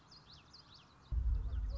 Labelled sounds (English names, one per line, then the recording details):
Common Yellowthroat
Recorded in Sonoma County, California